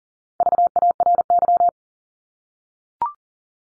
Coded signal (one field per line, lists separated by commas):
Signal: Morse code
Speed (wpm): 39 wpm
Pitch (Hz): 700 Hz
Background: none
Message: VARY